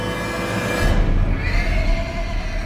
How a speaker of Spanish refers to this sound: El hambriento caballo estaba relinchando repetidamente y de forma casi extraña, y él deseó vagamente que parara.